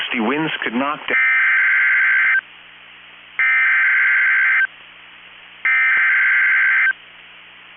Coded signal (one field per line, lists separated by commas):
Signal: Emergency Alert System (SAME) tones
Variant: header bursts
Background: speech